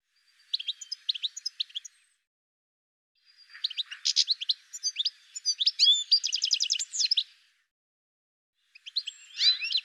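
Bird chirps and trills in bursts, quick high notes and a fast rattling series, separated by pauses of quiet.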